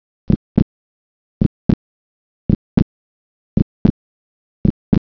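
Adult heart sounds heard through a stethoscope: paired first and second heart sounds repeating regularly at about 56 beats per minute, with silent intervals between beats.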